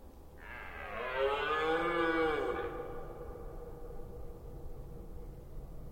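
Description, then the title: Red deer roar: a single harsh, harmonic bellow of about two seconds that swells and then fades, over a low steady background rumble. Rutting season, recorded in the Forêt d'Orléans, France. "Red Deer Rut - Forêt d'Orleans, France"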